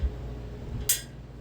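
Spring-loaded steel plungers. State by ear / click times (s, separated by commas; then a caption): released / 0.9 s. The locking knob of a telescoping (snap) gauge is released inside an engine case bearing bore, and its spring-loaded steel plungers snap outward against the bore wall. Over a low background hum, a single sharp, bright snap rings out at 0.9 s and fades quickly as the plungers are released.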